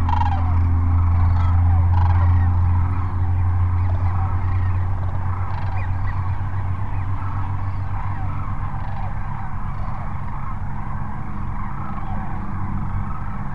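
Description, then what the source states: Sandhill cranes calling as a flock, a dense overlapping chorus of rolling, rattling calls with a steady low hum beneath. Sandhill cranes at Cochise Lakes on 30 January 2019.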